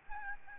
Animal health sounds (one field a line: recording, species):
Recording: mosquito wingbeat signal from an infrared sensor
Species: Aedes albopictus